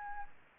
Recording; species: mosquito wingbeat signal from an infrared sensor; Aedes albopictus